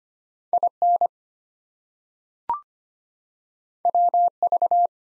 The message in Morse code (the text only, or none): IN WV